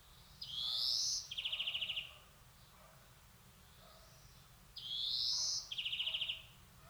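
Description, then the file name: European greenfinch calls: a rising wheezy note followed straight away by a buzzy trill, the pair given twice. "Chloris chloris"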